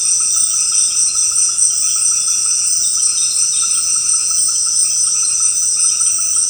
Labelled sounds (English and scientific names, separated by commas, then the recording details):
none
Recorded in secondary vegetation near Puerto Asís, Putumayo, Colombia, on 12 March 2025 at 18:30
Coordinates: 0.485, -76.322
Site G040